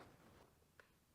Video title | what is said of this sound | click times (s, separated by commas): Electrical Plug Cleaning - Dirt Bike Maintenance Part 5 - Yamaha YZ 250FX | there we go you could tiny here to hear the click but you always want to make sure that you hear the click | 0.8 s